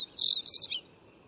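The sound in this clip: Bird call: one high drawn-out whistle-like note, then a quick run of a few chippy notes and a dropping tail, in near silence.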